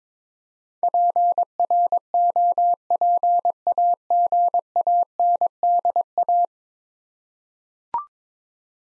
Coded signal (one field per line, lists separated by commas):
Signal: Morse code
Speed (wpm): 22 wpm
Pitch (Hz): 700 Hz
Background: none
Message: PROPAGANDA